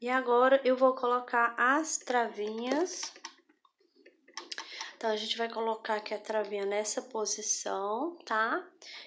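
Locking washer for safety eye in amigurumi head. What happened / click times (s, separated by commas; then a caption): Small plastic washers handled, not yet seated / none. Someone talks while picking up the plastic locking washers for the safety eyes of an amigurumi head and positioning them before pushing them onto the safety eye stems. During a pause in the talking, a few faint, brief handling sounds occur between about 4.1 and 4.8 s. No washer has seated or clicked into place yet.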